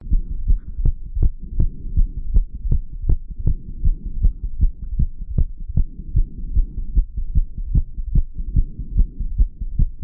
Rapid heart after exercise.